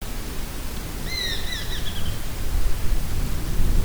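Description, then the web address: Japanese sparrowhawk calls, a brief burst of high, thin, downslurred notes stacked in overtones, heard once amid steady low rumbling noise. "tosaka tori 080223 tumi"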